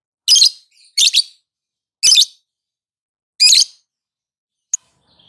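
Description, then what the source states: Lovebird calls: four loud, harsh, scratchy chirps spaced about a second apart, followed by a single tiny tick. Lovebird singing in the ngetik (ticking) style and a long ngekek trill.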